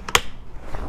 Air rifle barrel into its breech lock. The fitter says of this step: if you could hear that click and that